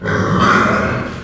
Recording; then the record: squeal of a Yucatan mini pig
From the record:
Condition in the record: after surgery on the right vocal fold (resection and tissue-engineered implant); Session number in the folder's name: 15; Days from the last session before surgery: 175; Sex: female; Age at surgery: 19 weeks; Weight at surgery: 25 kg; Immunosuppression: prednisolone